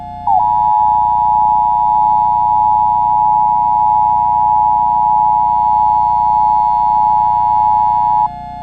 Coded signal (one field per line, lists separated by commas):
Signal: Emergency Alert System (SAME) tones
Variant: 853 and 960 Hz attention tone